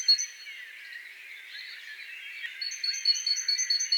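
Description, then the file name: Great tit calls: softer chirping, then a fast run of short, high, thin notes. "Parus major"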